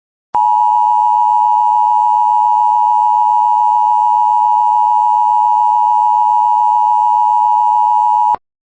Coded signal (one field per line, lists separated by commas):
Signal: Emergency Alert System (SAME) tones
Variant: 853 and 960 Hz attention tone